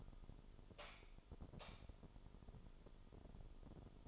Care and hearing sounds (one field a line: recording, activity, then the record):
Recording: daily activity, microphone in the room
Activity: light on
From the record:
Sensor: 5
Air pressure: 988.5 hPa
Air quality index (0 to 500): 210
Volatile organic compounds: 97 ppm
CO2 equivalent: 3735 ppm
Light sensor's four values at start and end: 46/135/53/57 and 47/141/55/59